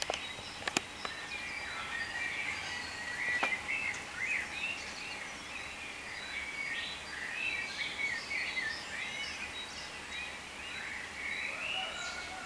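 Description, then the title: Birds twitter and chirp in a thick overlapping chorus, broken by a few sharp clicks, with a steady low hum behind. "cizici, birds"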